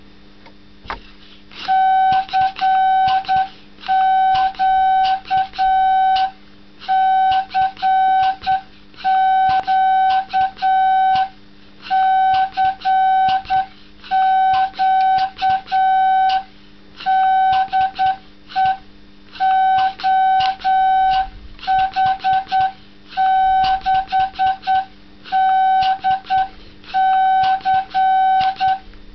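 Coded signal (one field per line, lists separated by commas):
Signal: Morse code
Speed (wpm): 9 wpm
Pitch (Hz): 760 Hz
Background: none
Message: CQ CQ CQ DE OH6DC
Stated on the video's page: CW keyed with a key made from a bicycle pump.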